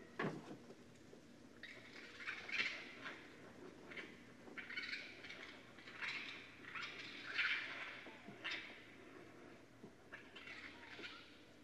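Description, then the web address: Raccoon making repeated raspy chittering squeals, short harsh bursts coming every second or two throughout, over a faint low hum. Recorded on 29 December 2011. "Raccoon 2011 12 29"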